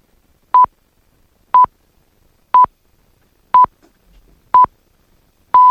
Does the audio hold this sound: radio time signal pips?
yes